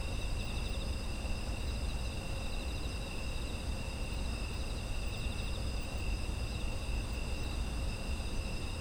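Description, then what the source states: Insect chorus of several constant high-pitched trills sounding together without pause, low rumble beneath. Autumn insects; ambient environmental sound offered as background audio.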